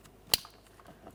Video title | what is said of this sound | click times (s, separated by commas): How to Replace Front Power Window Motor & Regulator Assemblies 2012-2015 Honda Civic | Audible click. | 0.3 s